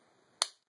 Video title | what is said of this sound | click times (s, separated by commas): Tokunation.com DX Kyoryuzin review | Now as you can see, it's actually locked into place. | 0.4 s